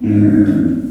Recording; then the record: squeal of a Yucatan mini pig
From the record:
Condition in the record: after surgery on the right vocal fold (resection and tissue-engineered implant); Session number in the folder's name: 4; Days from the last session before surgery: 26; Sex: female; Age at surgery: 19 weeks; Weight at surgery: 25 kg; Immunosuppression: prednisolone